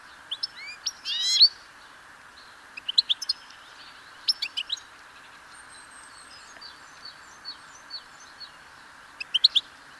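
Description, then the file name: European goldfinch calls: scattered bright twittering chirps and short clipped tweets throughout. "Carduelis carduelis"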